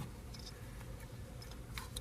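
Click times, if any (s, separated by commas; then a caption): none. Plastic ignition coil wiring connectors on the engine harness of a Land Rover LR2 are handled during reinstallation, producing faint, sharp ticks over a steady low background hum. The clip ends just before a connector goes home, so nothing has seated or clicked yet.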